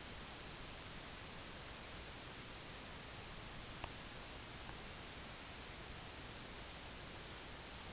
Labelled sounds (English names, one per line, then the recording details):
none
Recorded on Arctic tundra, site IGLO-D, on 16 June 2018
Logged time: 12:00